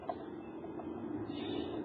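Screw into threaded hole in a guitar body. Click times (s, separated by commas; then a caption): 0.1 s. A screw started in a threaded hole in an LP Jr guitar body is turned backwards until its thread drops into the first existing thread, a trick to avoid stripping the threads. A small, sharp click at 0.1 s marks the thread seating over a steady low background hum. The screw is seated in the existing thread.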